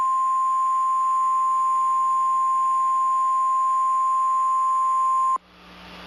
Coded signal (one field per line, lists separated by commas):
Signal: Emergency Alert System (SAME) tones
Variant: 1050 Hz attention tone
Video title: Eas tornado warning during inquisitormaster